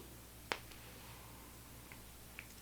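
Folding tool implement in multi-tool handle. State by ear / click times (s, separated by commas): seated / 0.5 s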